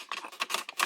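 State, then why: Not seated. An aftermarket CARABC stereo unit and its plastic dash cover, with the cables already tucked in, are handled at the dash opening of a 2019–2022 Toyota RAV4, ready to be pushed down so its four spring clips, two on each side, lock in. Soft plastic handling rustles are broken by brief sharp taps near 0.4, 0.5 and 0.8 seconds. Nothing has seated or clicked yet.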